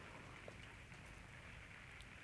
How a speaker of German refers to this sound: Jetzt höre ich ihn wieder, den Regen. Na, da gewöhnt man sich dran.